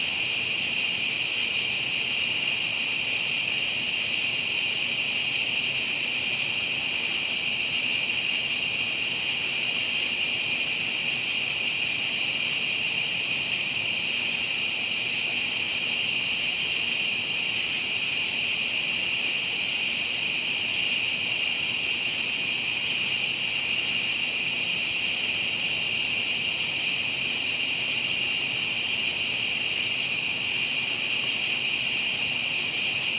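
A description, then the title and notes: A dense, unbroken chorus of crickets at night, their high trilling stacked in several bright layers that hold steady for the whole stretch. Underneath sits a soft, constant low murmur, with no distinct single calls standing out from the far-off wall of sound. The calming sounds of nature by a pond at night. The melodic calls of crickets and frogs in the distance.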